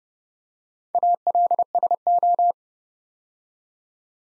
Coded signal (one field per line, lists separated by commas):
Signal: Morse code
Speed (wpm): 30 wpm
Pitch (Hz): 700 Hz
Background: none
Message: ALSO